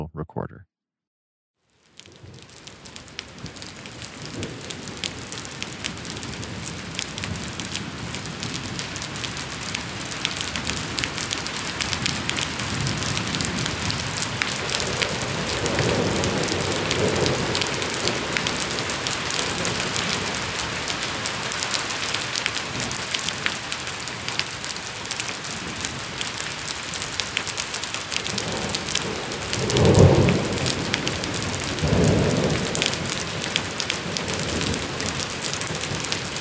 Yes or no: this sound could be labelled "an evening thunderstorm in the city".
yes